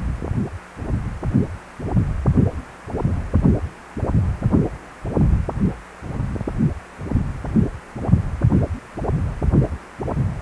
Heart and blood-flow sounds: Doppler ultrasound of blood flow; precordium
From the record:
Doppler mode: continuous wave and pulsed wave in the uncut recording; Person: healthy adult, 18 to 50 years, no heart murmur, not diving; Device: 2.5 MHz transducer

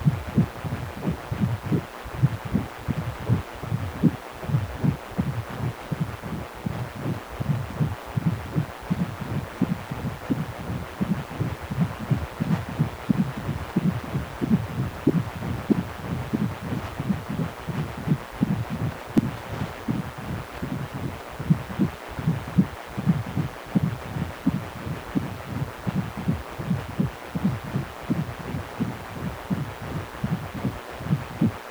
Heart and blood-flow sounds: Doppler ultrasound of blood flow; precordium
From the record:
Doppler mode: continuous wave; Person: healthy adult, 18 to 50 years, no heart murmur, not diving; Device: 2.5 MHz transducer

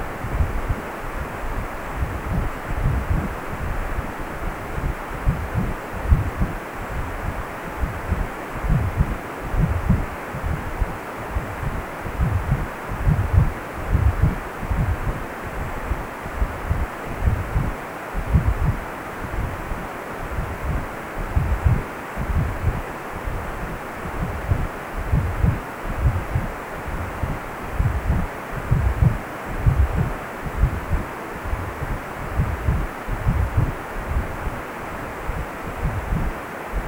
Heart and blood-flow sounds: Doppler ultrasound of blood flow; precordium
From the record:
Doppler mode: continuous wave and pulsed wave in the uncut recording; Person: healthy adult, 18 to 50 years, no heart murmur, not diving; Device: 2.5 MHz transducer

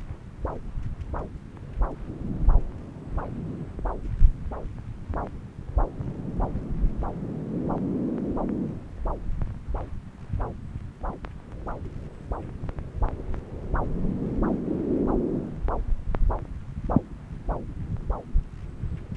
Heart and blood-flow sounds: Doppler ultrasound of blood flow; left subclavian vein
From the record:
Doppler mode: continuous wave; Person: adult scuba diver, at rest before a dive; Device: O'Dive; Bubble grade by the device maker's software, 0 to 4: 0

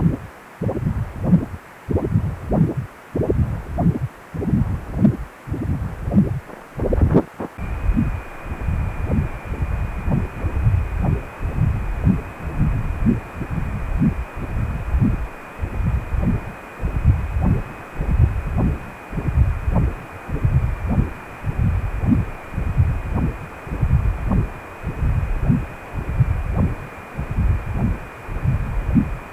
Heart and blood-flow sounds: Doppler ultrasound of blood flow; precordium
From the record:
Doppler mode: continuous wave and pulsed wave in the uncut recording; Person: healthy adult, 18 to 50 years, no heart murmur, not diving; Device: 2.5 MHz transducer

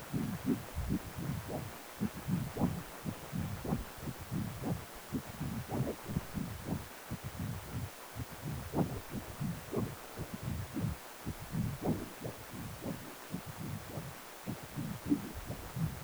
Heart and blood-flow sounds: Doppler ultrasound of blood flow; precordium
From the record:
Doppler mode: continuous wave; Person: healthy adult, 18 to 50 years, no heart murmur, not diving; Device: 2.5 MHz transducer

